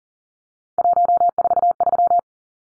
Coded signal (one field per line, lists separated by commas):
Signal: Morse code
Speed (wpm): 40 wpm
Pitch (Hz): 700 Hz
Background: none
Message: 143